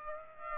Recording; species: mosquito wingbeat signal from an infrared sensor; Aedes aegypti